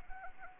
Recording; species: mosquito wingbeat signal from an infrared sensor; Anopheles arabiensis